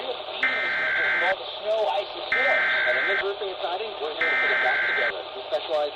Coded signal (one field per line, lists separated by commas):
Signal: Emergency Alert System (SAME) tones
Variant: header bursts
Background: speech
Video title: EAS Capture 583-593 RMT for NJ and PA RWT for PHI, OKX, WBEB, WOGL, and WTDY.